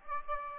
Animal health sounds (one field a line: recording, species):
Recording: mosquito wingbeat signal from an infrared sensor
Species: Aedes aegypti